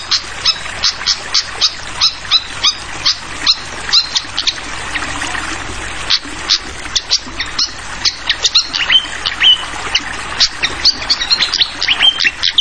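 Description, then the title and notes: Fantail chirping: a long series of brisk high notes, some quick bursts and short whistles, over constant gurgling water. Tutoring recording (masteran) for training songbirds, featuring a clear-voiced fantail flycatcher mixed with the sound of flowing water. "Masteran Sikatan Kipas Suara Jernih Dan Suara Gemericik Air. Suara Burung Sikatan Londo"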